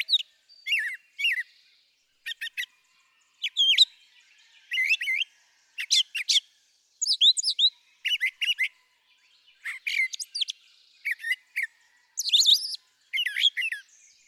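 Brown thrasher song, a long run of varied, crisp phrases, each usually given twice in quick pairs with short pauses between, mixing sharp notes and buzzy slurs.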